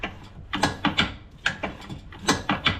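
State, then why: Not seated. After a repair, the steel locking latch lever on a Quicke tractor front loader's quick-attach frame is worked by hand, and the metal mechanism rattles and clanks in sharp bursts around 0.6, 0.9, 1.0, 1.5, 2.3 and 2.7 seconds. The latch never catches, and nothing has seated or clicked into place, because the mechanism is pivoted the wrong way.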